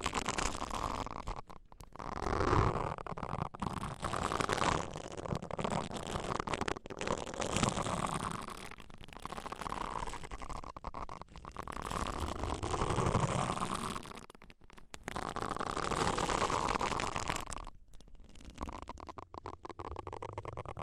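Deep ear cleaning sounds: dense, muffled rubbing and scratching with a low rumbling undertone, swelling and easing in slow waves. The texture stays thick throughout, broken by brief sudden silences around two, seven, fifteen and eighteen seconds.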